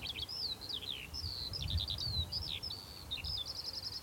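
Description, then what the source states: Skylark song, a continuous stream of rapid chirps, trills and slurred whistles pouring out without pause, with low wind rumble beneath. Plenty of skylarks singing on a chilly, quiet hilltop in West Dorset, England; their song is thrown wide and far.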